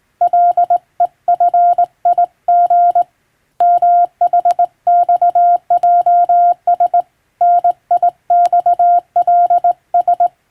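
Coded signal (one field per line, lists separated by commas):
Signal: Morse code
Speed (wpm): 20 wpm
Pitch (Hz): 700 Hz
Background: radio noise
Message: LEFIG MHXJS NIXLS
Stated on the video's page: Morse practice from a European-language telegram sending practice book; radiotelegraph operator practice.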